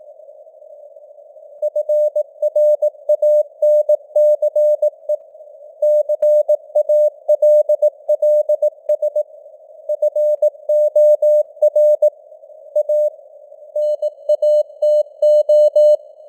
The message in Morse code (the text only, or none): FRANCE CALLS FOR A NATO